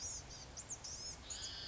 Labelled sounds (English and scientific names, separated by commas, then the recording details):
Blue-gray Gnatcatcher (Polioptila caerulea)
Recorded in Sonoma County, California